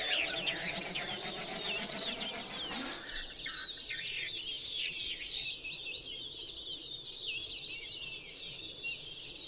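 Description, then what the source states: Latham's snipe display sound: a droning, pulsed roar sweeping steadily downward over about three seconds, under a dense chorus of high twittering birdsong that continues throughout. Recorded 12 June 2011 at 03:37.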